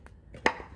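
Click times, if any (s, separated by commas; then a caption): 0.5 s. A plastic tower base piece of a toy race track is pressed onto its mount and seats. A faint tick is heard at 0.1 s, then one sharp, loud plastic click at 0.5 s as it snaps into place, with a short ringing decay afterward.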